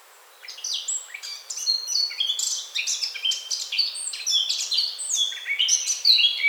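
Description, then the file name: Eurasian blackcap song, a sustained, fast warble of high chattering and clearer whistled notes, starting after a short quiet moment. "Sylvia atricapilla"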